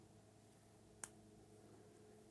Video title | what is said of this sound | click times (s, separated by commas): EDC mini tools of choice Gerber Curve and Victorinox Pioneer Alox. | you may hear the click | 1.0 s